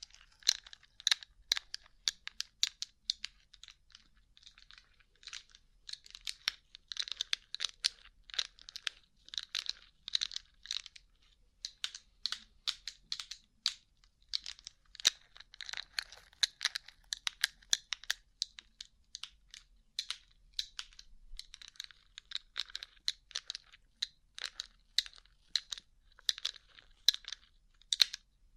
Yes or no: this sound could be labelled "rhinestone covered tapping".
yes